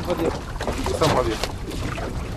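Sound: boat moving on water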